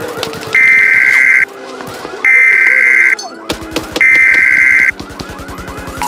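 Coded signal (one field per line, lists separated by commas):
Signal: Emergency Alert System (SAME) tones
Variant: header bursts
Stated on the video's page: Simulated EAS alert themed on Murder Drones.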